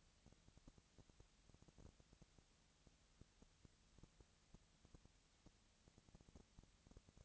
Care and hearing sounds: daily activity, microphone in the room; no activity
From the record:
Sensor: 3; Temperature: 20.4 degrees Celsius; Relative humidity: 34.4%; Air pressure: 996.8 hPa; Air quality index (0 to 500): 205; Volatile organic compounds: 68 ppm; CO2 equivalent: 3499 ppm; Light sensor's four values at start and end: 2/3/2/2 and 2/3/2/2

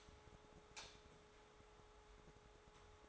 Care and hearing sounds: daily activity, microphone in the room; light on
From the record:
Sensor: 3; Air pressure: 1010.2 hPa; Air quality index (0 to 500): 168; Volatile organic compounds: 9 ppm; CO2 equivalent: 2196 ppm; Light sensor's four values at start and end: 49/121/53/59 and 51/130/57/62

